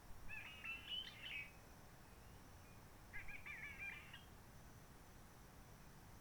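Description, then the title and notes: Réunion bulbul song: two warbled phrases in quick succession, over quiet background noise. Roche Merveilleuse, Réunion; quiet forest, sunny blue sky, since 19 March 2020 lockdown without visitors, microlights or helicopters; birds not very active; bulbul sings simpler short phrases, habit from enduring aircraft noise. "Roche Merveilleuse, Réunion - Merle de lîle de la Réunion. depuis le 19 mars 2020 c'est calme même quand il fait beau"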